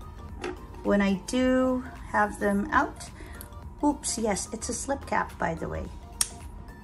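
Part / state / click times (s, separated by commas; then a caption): fountain pen slip cap onto pen barrel / seated / 6.2 s. Someone talks while handling a Diplomat Aero fountain pen in Stripes, then pushes its slip cap onto the barrel. The cap clicks home with a sharp snap at 6.2 s, seated shut.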